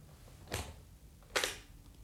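A camera is opened with two sharp mechanical clicks, spaced nearly a second apart, each a brief bright snap over a quiet, faintly humming background. The camera turns out to be empty.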